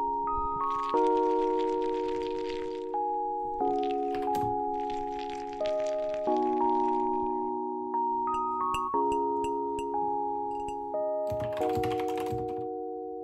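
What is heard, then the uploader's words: Bursts of quick keyboard typing come and go over a steady backdrop of held, organ-like chords that shift every second or so, with a simple melody stepping above them. The clicking is crisp, pausing briefly between bursts, and the overall level swells and fades in a regular rhythm. Keyboard sounds.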